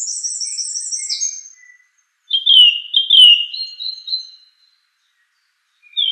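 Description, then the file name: Song thrush: songbird singing a high, fast trill that fades, then after a gap two loud swooping whistled phrases given in quick succession, ending with a brief note. "suara kicauan burung song thrush. omkicau"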